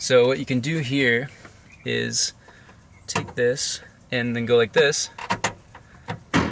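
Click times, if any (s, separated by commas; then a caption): 5.4 s. A high-voltage connector on the battery outlet of an electric car, a Tesla, is worked open by hand to disconnect it while someone talks. A sharp click sounds at 5.5 s as the latch releases, followed by a couple of fainter clicks. The click means the car is fully off.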